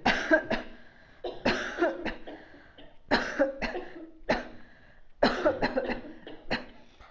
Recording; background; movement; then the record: voluntary coughing; a bystander coughing; sitting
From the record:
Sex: female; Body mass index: 22.6 kg/m2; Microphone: on the chest, facing outward